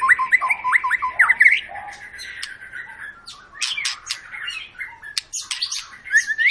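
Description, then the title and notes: White-rumped shama starting with quick repeated rising whistles, followed by a buzzy trill and scattered sharp notes. Long lure song (pancingan) of a gacor, actively singing white-rumped shama, played to make other birds sing. "Pancingan Murai Batu Gacor Panjang. muraiku"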